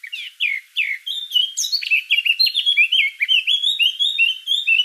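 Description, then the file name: Eurasian blackcap song, a rapid, near-continuous warbling run of varied high notes. "Sylvia atricapilla"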